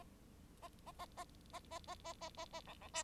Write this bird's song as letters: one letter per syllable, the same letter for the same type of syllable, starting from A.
A A A A A A A A A A A B B C